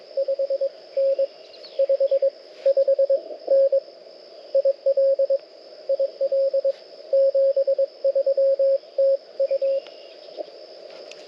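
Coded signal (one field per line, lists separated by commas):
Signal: Morse code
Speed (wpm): 22 wpm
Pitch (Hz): 540 Hz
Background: radio noise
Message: 5N 55N IL IL 73 TU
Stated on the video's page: CW from a Parks on the Air activation using a Mountain Topper MTR4B V2 radio.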